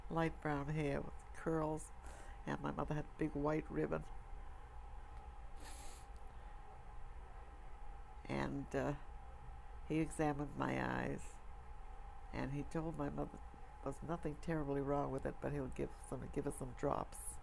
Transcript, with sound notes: Light brown hair with curls and my mother had a big white ribbon. [sniffs] And he examined my eyes and he told my mother there's nothing terribly wrong with it, but he'll give — going to give us some drops